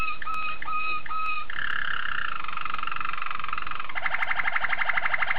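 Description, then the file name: Waterslager canary song opening with spaced whistles, moving into a long warbling roll and ending in a fast rhythmic trill. Waterslager breed of canary. "suara kenari waterslager"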